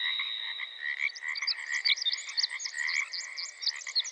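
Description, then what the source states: Pacific tree frog chorus of rapid, rhythmic croaks throughout, with a rich tumbling songbird trill of high, twisting notes running above it. General background recording made in the Pacific Coast rainforest of western North America.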